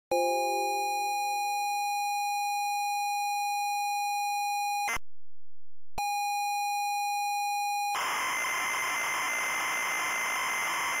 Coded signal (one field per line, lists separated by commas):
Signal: ZX Spectrum tape loading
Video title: Fundacion de Ayuda contra la Drogadicción (ZX Spectrum)